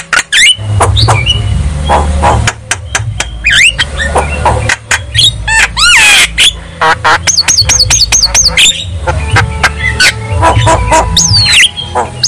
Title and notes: Pancingan Jalak Kebo Bisu. Kicau Jalak Kebo